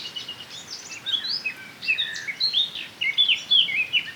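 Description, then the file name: Eurasian blackcap song: varied scratchy warbling with slurred whistles, louder in the second half. "Sylvia atricapilla"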